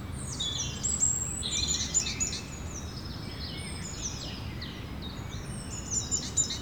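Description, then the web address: Several birds sing together, high chirps and descending whistled trills overlapping continuously above a low steady noise floor. Birds recorded in the evening. "Effects 02-Birds, Insects Animals. Birds evening"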